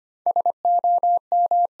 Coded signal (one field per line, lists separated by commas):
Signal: Morse code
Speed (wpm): 25 wpm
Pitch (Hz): 700 Hz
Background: none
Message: SOM